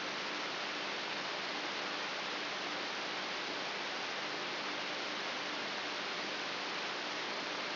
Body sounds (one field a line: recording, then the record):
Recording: brain microelectrode recording played as sound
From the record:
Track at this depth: inside the subthalamic nucleus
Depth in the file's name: 3.44 mm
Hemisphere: right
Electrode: 3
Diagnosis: Parkinson's disease